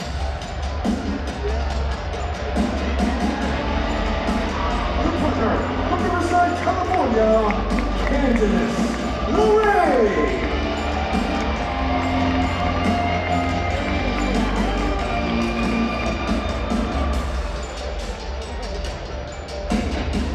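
A crowd of people chanting in an arena during wrestling at Madison Square Garden, a dense, steady roar of many voices that runs the full twenty seconds without a break. Rising and falling vocal tones weave through, with a low rumble underneath throughout.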